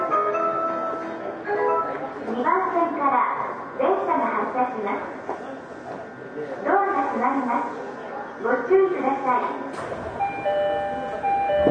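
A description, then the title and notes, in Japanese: Aboard a Tokyo Waterfront Area Rapid Transit 70-000 series train, a spoken announcement runs in bursts over a constant low rumble and steady humming tones. Near the ten-second mark the voice stops and the hum shifts to new, brighter pitches. 東京臨海高速鉄道70-000形 新宿〜新木場。JR埼京線→りんかい線の区間で録音。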